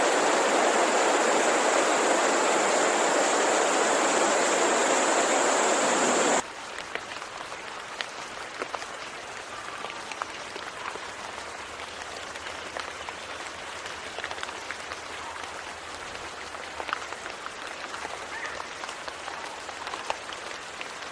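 Rain falls as a loud, dense, steady hiss with a bright edge for the first six seconds or so, then abruptly cuts to a much softer patter. The rest is a quiet, crackling wash scattered with small irregular ticks and drips.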